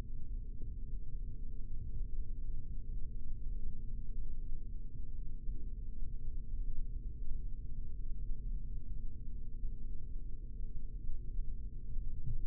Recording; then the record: forearm muscle sounds (acoustic myography)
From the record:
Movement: rest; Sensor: system 3, bracelet of six PUI Audio POM-2738L microphones around the upper forearm, with dedicated amplification and filtering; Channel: 3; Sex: male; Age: 26 years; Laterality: right